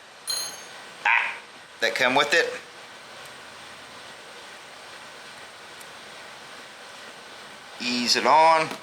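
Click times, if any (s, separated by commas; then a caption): none. A new retaining clip that came with the part is handled and eased onto the clutch assembly of a Rascal GT drag minibike while someone talks in short bursts near the start and again at the end, with a quiet steady background in between. The clip has not clicked or seated yet.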